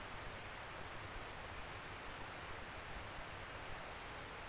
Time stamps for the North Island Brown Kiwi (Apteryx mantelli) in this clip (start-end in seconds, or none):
none